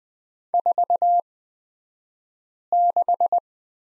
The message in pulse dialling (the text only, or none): none